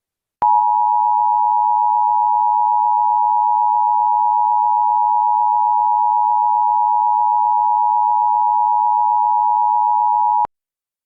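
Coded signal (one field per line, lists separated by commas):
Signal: Emergency Alert System (SAME) tones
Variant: 853 and 960 Hz attention tone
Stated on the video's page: Fictional EAS scenario about a Valentine's Day virus, not a real alert.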